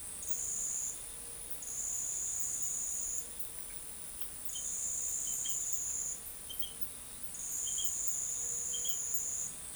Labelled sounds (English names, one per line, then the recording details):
none
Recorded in forest near Pivijay, Magdalena, Colombia, on 5 June 2023 at 17:30
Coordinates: 10.467, -74.380
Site Z5-G034